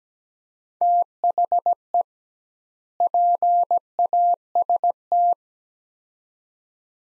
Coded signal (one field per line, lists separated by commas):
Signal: Morse code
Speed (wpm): 17 wpm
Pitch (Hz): 700 Hz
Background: none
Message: THE PAST